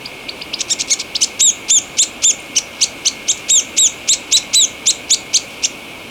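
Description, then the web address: White-throated tyrannulet calling: a rapid, steady series of very high, sharp notes with upward-hooked tips, roughly four per second, quicker at the start. Recorded in Ecuador. "Birds of Ecuador 2. White-Throated Tyrannulet"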